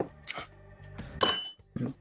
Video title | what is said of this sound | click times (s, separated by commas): Figure-rise Standard - Ultraman Suit Zero [SC Ver.] - ACTION- - 1/12 Bandai Kit - Livebuild | I'm going have to push that in there, I guess. Wait until it clicks. | 0.3 s